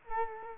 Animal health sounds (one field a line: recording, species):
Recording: mosquito wingbeat signal from an infrared sensor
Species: Culex quinquefasciatus